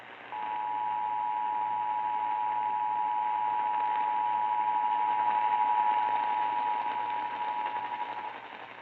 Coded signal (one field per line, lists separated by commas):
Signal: Emergency Alert System (SAME) tones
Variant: 853 and 960 Hz attention tone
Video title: Mother Nature Taking April Fools Too Seriously... | EAS #134-159 (Weather Alerts from 3/31-4/1/2023)